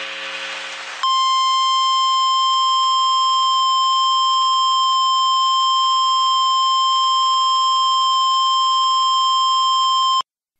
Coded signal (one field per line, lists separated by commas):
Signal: Emergency Alert System (SAME) tones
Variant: 1050 Hz attention tone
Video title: Mount Rainier Eruption EAS Scenario